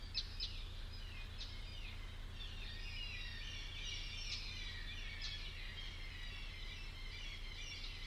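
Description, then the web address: Bird calls: high, jumbled twittering chatter throughout, over a constant low rumble. "cianscape. Deverinetal. Bird Only"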